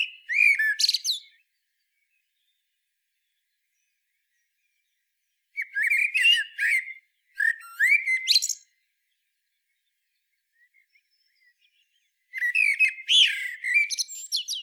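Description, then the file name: Common blackbird song in four phrases, low fluty warbles with scratchy high twitters, mostly separated by long silent pauses. "Turdus merula"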